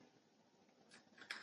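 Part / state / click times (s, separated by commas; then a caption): lens removal tool onto action camera lens protector / seated / 1.3 s. A lens removal tool is placed over the lens guard on the second side of an Insta360 X5 action camera and turned until it locks onto the guard. Quiet low scraping and handling noise builds into brief brighter rubs near 0.9 s and 1.2 s. A sharp click at 1.3 s marks the tool seating.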